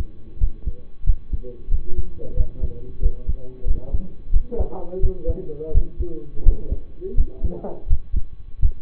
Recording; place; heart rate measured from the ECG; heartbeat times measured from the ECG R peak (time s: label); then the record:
heart sounds by stethoscope; between the tricuspid and mitral areas; 88 bpm
0.38 s: heartbeat
1.04 s: heartbeat
1.69 s: heartbeat
2.34 s: heartbeat
3.00 s: heartbeat
3.65 s: heartbeat
4.31 s: heartbeat
5.00 s: heartbeat
5.71 s: heartbeat
6.43 s: heartbeat
7.15 s: heartbeat
7.87 s: heartbeat
8.59 s: heartbeat
From the record:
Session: rest, lying down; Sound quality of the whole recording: partially saturated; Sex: male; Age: 25 years